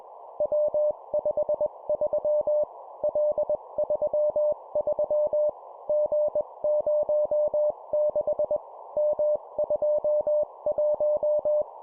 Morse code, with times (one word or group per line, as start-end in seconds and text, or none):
0.4-2.6 W53
3.0-5.5 L33
5.9-8.6 G06
9.0-11.6 M21